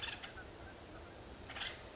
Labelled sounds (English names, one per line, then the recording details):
Acorn Woodpecker
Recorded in Sonoma County, California